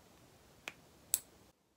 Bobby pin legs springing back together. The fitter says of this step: you hear that click right back into place I'm gonna do it again